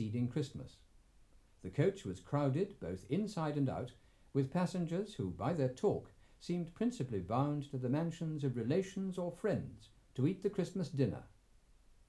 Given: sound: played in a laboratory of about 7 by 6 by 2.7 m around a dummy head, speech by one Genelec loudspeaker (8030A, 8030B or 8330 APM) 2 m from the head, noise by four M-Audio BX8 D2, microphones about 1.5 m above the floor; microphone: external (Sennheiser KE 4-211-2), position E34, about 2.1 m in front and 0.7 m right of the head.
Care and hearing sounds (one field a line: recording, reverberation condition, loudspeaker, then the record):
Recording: male speech in English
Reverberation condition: low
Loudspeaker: 30 degrees to the right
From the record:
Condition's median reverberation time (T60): about 310 ms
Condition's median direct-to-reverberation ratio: about 3.5 dB